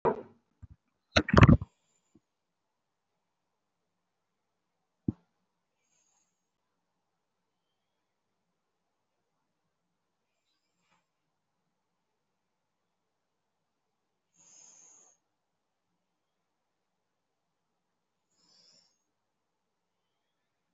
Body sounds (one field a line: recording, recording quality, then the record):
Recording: shallow breathing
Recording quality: excellent, no background noise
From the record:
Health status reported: respiratory illness, not identified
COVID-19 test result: not tested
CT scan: not taken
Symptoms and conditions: breathing difficulty, muscle pain, asthma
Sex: male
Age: 43 years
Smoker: no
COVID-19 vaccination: one dose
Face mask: worn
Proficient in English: yes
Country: India